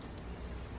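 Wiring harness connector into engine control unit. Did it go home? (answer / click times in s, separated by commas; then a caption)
no / none. A wiring harness connector is being handled as it is pushed back toward a Vortex BNR engine control unit (ECU). Steady broadband noise runs throughout, with one brief faint tick at about 0.2 s. Nothing has seated or clicked yet; the connector is not yet locked home.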